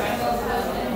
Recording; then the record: background sound without coughing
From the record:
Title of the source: 40 min - Ambience sounds UNIVERSITY lunchroom chatting